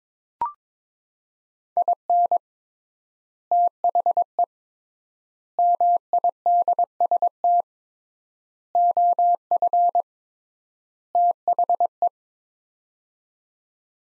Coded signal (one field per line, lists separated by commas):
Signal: Morse code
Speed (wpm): 22 wpm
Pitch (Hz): 700 Hz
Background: none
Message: IN THE MIDST OF THE